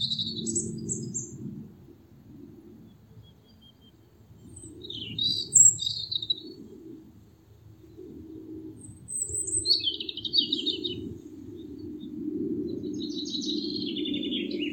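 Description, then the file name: European robin song, scattered high twittering phrases between pauses, with a low rumble underneath. "Erithacus rubecula"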